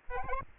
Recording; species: mosquito wingbeat signal from an infrared sensor; Aedes albopictus